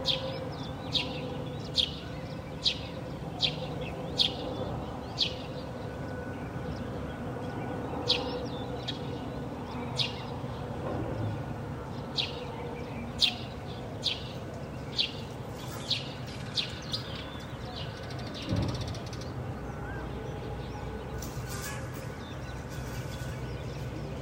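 Birds call one after another, with short bright chirps and tweets repeating every second or so through the whole stretch. Beneath them runs a steady low rumble like passing traffic, and a single dull thump lands around eighteen seconds.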